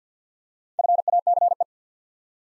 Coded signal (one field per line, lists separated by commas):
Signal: Morse code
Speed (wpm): 50 wpm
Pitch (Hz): 700 Hz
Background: none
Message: FACE